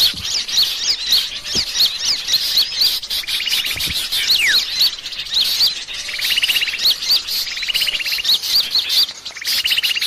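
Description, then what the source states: Birds chirp continuously at high pitch, with sliding whistles and a buzzy rattle repeated several times. Lure call (pikat), described as a thousand birds.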